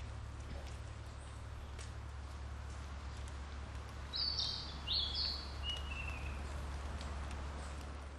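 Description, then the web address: Narcissus flycatcher song: a short burst of bright, high whistled notes midway through, ending in a lower, slurred falling whistle, over a steady low hum. Recorded on 18 June 2006. "kansatu 060618 20060618 kibitaki"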